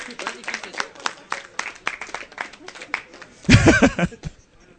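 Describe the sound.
An audience applauds with a steady patter of many hands clapping, then a louder swell of cheering and voices bursts in near the end before fading quickly.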